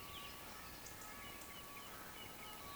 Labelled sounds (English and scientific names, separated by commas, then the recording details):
Eurasian Woodcock (Scolopax rusticola)
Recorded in Baden-Württemberg, Germany, on 16 June 2020 at 20:03 UTC
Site 14569, 102 m above sea level